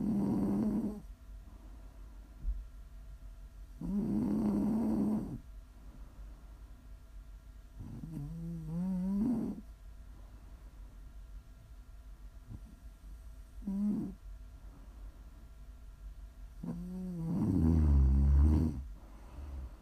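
An adult snoring for ASMR: five low, buzzing snores in twenty seconds, some with a rising vibrating tone, about fifteen breaths a minute.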